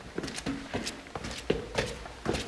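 Footsteps climbing a staircase, three floors up to a 56th-floor restaurant, a steady run of about eight to ten hard, clacking steps in a quick regular rhythm, with no voices.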